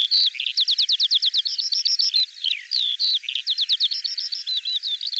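Bird song with rapid repeated whistled strokes in quick series, mixed with trills and sliding notes.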